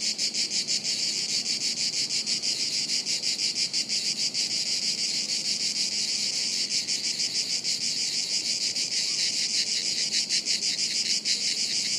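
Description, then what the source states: Cicada chorus, a continuous piercing hiss of many insects with a fast rhythmic pulsing that never stops. Chorus of cicadas high in trees overhead, woods near Sirolo, Italy, hot afternoon, August 23.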